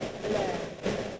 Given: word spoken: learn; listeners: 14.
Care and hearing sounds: one English word in noise, from a listening test; noise modulated by three-talker babble; -4.0 dB; 4 of 14; 6 of 14; 0.80 s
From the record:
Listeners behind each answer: 6, 4, 1, 1, 1, 1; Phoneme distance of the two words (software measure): 14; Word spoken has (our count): 1 syllable, 3 phonemes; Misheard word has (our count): 1 syllable, 3 phonemes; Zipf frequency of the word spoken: 5.01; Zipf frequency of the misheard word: 3.48

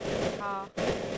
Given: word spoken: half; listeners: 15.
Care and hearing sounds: one English word in noise, from a listening test; noise modulated by three-talker babble; -6.2 dB; 2 of 15; 9 of 15; 0.78 s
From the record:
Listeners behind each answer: 9, 2, 2, 1, 1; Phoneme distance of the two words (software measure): 17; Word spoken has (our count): 1 syllable, 3 phonemes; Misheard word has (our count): 1 syllable, 2 phonemes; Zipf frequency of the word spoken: 5.55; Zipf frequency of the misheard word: 5.44

